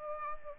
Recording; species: mosquito wingbeat signal from an infrared sensor; Aedes aegypti